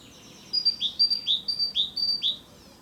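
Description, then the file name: Great tit song: a clear two-note phrase, high then dropping, repeated four times in quick rhythm, over a faint low background hiss. Territorial song. "canto territoriale cinciallegra parus major great tit carbonero comun"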